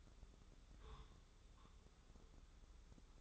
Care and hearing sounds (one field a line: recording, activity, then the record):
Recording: daily activity, microphone in the room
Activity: take from stove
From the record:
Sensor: 3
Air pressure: 995.4 hPa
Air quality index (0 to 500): 86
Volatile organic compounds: 8 ppm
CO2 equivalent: 2082 ppm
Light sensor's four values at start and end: 26/80/33/29 and 26/80/33/29